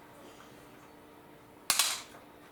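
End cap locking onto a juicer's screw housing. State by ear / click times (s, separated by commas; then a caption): seated / 1.7 s. The end cap of an Aobosi slow masticating juicer is lined up with a plastic wrench and turned on the juicer's screw housing until it locks. After quiet background, a sharp, loud snap comes at 1.7 s, followed by a second, smaller snap at about 1.8 s that fades out by around 2.0 s. The cap is locked into place.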